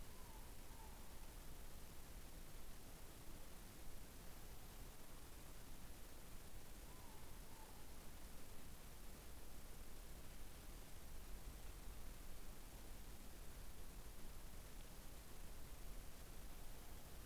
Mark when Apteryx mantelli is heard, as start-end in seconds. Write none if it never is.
none